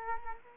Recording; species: mosquito wingbeat signal from an infrared sensor; Culex quinquefasciatus